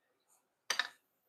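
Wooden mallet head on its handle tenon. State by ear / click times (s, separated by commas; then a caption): partly seated / 0.7 s. A wooden mallet head is pressed or tapped onto the tenon of its wooden handle, giving a sharp wooden knock at 0.7 s followed by a second knock at 0.8 s. The head is still not fully seated on the handle because the joint is very tight, so the mortise is to be filed.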